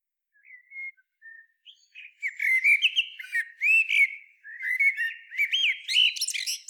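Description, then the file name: Common blackbird song: a few soft, hesitant whistles, then rich fluty warbled phrases mixed with squeaky high twittering flourishes, pausing briefly between bursts. "Turdus merula"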